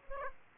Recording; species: mosquito wingbeat signal from an infrared sensor; Aedes aegypti